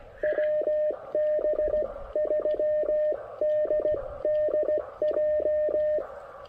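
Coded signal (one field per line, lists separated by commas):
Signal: Morse code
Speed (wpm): 16 wpm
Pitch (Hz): 600 Hz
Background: none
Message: WB3DDJ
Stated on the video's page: QRP portable park activation (POTA) in CW on 20 and 17 meters, Elecraft K2 with AX1 portable antenna.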